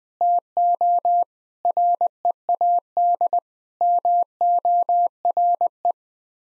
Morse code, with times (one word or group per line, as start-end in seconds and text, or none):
0.2-1.2 TO
1.6-3.4 READ
3.8-5.9 MORE